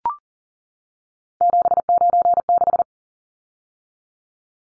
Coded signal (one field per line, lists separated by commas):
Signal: Morse code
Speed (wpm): 40 wpm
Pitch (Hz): 700 Hz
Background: none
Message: 796